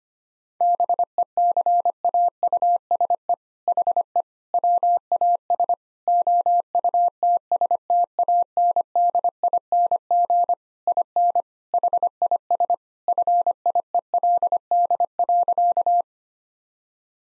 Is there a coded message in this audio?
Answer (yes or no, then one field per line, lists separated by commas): yes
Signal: Morse code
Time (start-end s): 0.6-16.0 s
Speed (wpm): 25 wpm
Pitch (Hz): 700 Hz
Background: none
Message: BECAUSE HE WAS OUTSTANDING IN HIS FIELD.